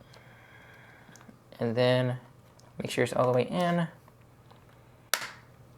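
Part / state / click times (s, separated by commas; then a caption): SO-DIMM RAM module into laptop memory slot / seated / 5.1 s. A laptop SO-DIMM RAM module is pushed down into its laptop memory slot until the metal side clips catch. Someone talks, then a sharp click sounds at 5.1 seconds as the module seats.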